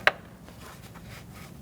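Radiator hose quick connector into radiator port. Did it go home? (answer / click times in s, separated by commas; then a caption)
yes / 0.1 s. A lined-up radiator hose quick connector with an O-ring on a 2008–2014 Mercedes-Benz C300 is pushed into the radiator port. A single sharp click sounds at 0.1 s, followed by faint low background hum and small rustles. The connector is seated.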